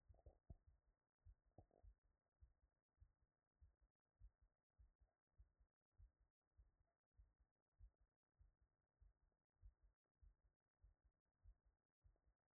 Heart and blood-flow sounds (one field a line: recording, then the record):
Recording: heart sounds by stethoscope after running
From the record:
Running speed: 6 mph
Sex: female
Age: 50 to 59 years